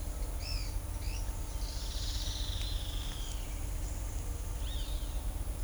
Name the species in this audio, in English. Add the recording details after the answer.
Pale-eyed Pygmy Tyrant, Yellow-chinned Spinetail, Great Kiskadee. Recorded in shrubland near Pivijay, Magdalena, Colombia, on 3 June 2023 at 08:30. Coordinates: 10.453, -74.365. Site P5-G022